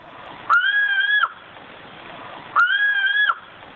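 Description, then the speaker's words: Sumatran ground cuckoo call: two even, harmonic notes, each under a second, starting about two seconds apart, each starting and ending abruptly, over soft background hiss. Very secretive, probably very rare bird thought to live in Sumatra's mountain forests, threatened by conversion to coffee plantations; may also occur in lowland forests; recording played on air. "before I say bye to you, let's listen to the Sumatran ground cuckoo one last time."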